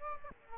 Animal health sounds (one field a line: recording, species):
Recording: mosquito wingbeat signal from an infrared sensor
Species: Aedes aegypti